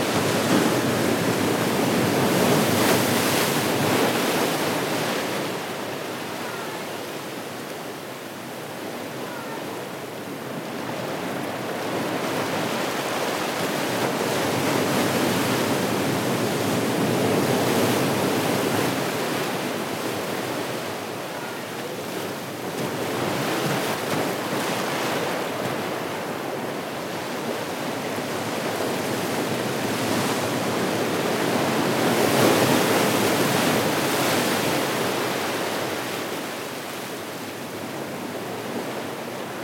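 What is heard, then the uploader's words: Waves crash on Thousand Steps Beach in a continuous rushing wash, swelling roughly every eight to ten seconds, loudest near three, eleven and thirty-two seconds. Crashing waves on Thousand Steps Beach, Los Angeles. Recorded by Marcel Gnauk.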